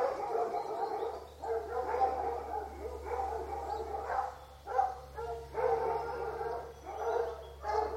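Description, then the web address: Many hounds bark and bay in clustered bursts separated by brief lulls, with a steady low hum running underneath from about the first second onward. Hunting hounds in hunt kennels, general atmosphere at feeding time. "Sound Effects-BBC Dog Hunting Hound BBC. hunt kennels general atmosphere at feeding time feed bin banged at top of track"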